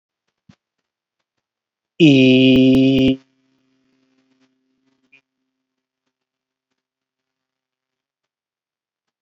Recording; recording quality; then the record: sustained vowel as in beet; excellent, no background noise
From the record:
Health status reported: COVID-19 positive, mild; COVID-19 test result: positive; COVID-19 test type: RT-PCR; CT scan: not taken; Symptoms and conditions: fever, diarrhoea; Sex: male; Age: 33 years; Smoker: no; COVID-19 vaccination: one dose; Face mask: worn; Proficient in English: yes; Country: India